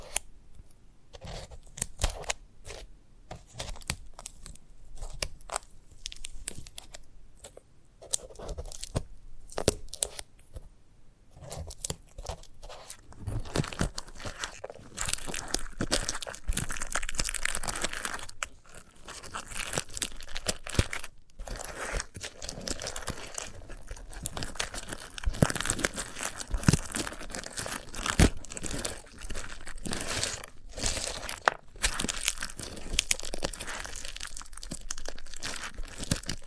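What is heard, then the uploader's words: Dry crackling and rustling of a sunflower head being handled, with dense bursts of crinkly, tearing sounds that come and go irregularly. The first dozen seconds are sparser with brief pauses; from about 14 seconds on the crackling grows fuller and more continuous. ASMR of a Sunflower Head (No Talking).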